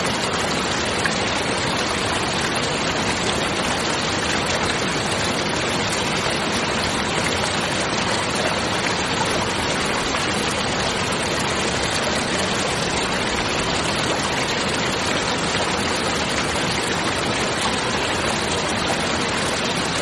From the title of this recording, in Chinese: 雷雨声 雨又来了